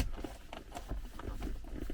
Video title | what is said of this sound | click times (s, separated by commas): Center console trim removal Land Cruiser 100 series Lexus LX470 | make sure it clicks in place, and there it is. | 0.5 s